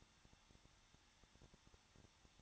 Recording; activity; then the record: daily activity, microphone in the room; no activity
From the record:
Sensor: 3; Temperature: 21.2 degrees Celsius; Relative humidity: 36.3%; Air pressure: 1006.3 hPa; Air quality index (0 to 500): 222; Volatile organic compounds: 42 ppm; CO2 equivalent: 3176 ppm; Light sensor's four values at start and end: 2/3/2/2 and 2/3/2/2